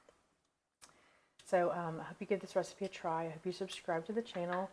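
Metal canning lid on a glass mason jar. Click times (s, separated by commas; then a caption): 0.8 s. A metal canning lid on a glass mason jar of freshly canned salsa is pulled down by the vacuum as it cools and seals. There is a short click at 0.8 s, then someone talks. The lid has sealed.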